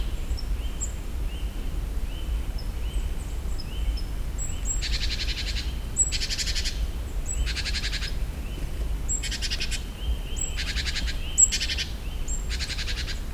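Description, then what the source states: Great tit giving a long series of dry, buzzy rattles, several in quick succession, interspersed with high thin notes and soft rising whistles against a low hum. Recorded in nature; presented as the bird's other, alternative call.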